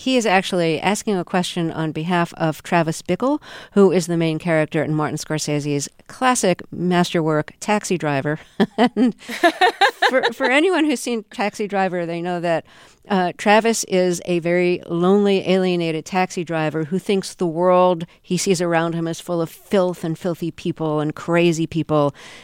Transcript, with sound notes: and he is actually asking a question on behalf of Travis Bickle, who is the main character in Martin Scorsese classic master work "Taxi Driver."
(LAUGHTER)
And for anyone who's seen "Taxi Driver," they know that Travis is a very lonely, alienated taxi driver who thinks the world he sees around him is full of filth, and filthy people and crazy people.